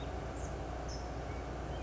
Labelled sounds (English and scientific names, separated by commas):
California Towhee (Melozone crissalis)